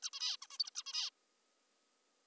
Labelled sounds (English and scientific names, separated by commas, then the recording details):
Zebra Finch (Taeniopygia guttata)
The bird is an adult
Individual g19o3U